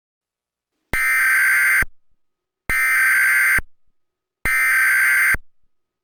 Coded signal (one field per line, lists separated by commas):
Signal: Emergency Alert System (SAME) tones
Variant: header bursts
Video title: 2011 EAS Test Hijack || EAS Mini (Remake)